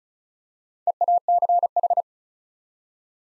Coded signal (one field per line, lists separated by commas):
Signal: Morse code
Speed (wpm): 36 wpm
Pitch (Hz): 700 Hz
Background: none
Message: EACH